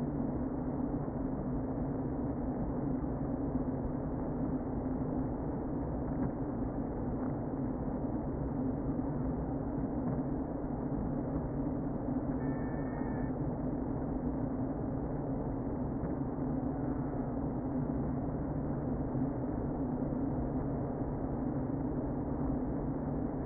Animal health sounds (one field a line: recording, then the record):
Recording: honeybee colony, microphone inside the hive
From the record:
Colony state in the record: queen present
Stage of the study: before two queens were removed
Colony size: about 60,000 bees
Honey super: yes